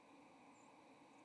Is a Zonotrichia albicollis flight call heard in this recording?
yes